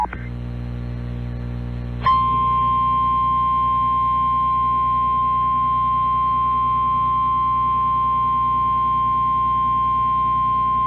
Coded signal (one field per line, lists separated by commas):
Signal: Emergency Alert System (SAME) tones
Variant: 853 and 960 Hz attention tone